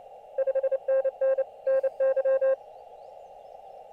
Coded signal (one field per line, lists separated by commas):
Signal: Morse code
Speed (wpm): 29 wpm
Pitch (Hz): 530 Hz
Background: none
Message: 5NN NY